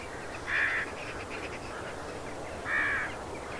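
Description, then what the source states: Crow giving two loud harsh caws about two seconds apart, with fainter calls between them. Crows in a field.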